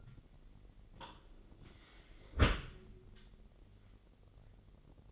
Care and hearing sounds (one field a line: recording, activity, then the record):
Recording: daily activity, microphone in the room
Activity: close dishwasher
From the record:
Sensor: 4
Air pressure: 999.0 hPa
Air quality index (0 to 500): 126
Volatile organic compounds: 2 ppm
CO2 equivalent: 1230 ppm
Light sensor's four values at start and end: 7/17/6/7 and 7/16/6/7